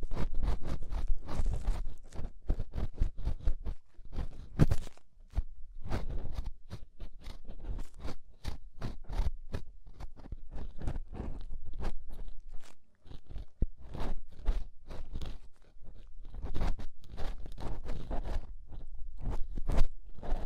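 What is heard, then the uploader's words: Ear scraping with crackly, crunchy scratches that come in rapid bursts of sharp clicks, sometimes several per second and sometimes in short clusters. The sound runs from a low rumble up to a crisp top, with brief pauses near 5 and 13 seconds. Inner and Outer Ear Scraping (No Talking).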